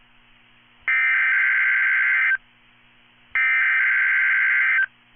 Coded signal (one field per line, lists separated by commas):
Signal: Emergency Alert System (SAME) tones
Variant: header bursts